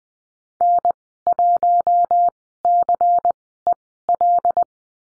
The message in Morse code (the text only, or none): N1CEL